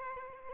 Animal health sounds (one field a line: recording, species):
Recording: mosquito wingbeat signal from an infrared sensor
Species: Aedes albopictus